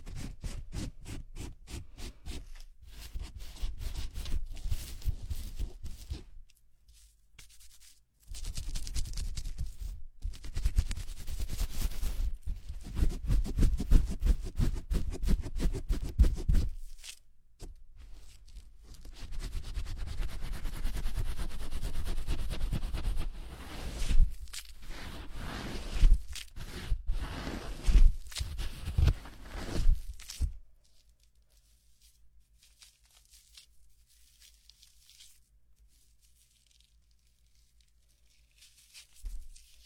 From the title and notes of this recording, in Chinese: 头部按摩 洗头(无人声)。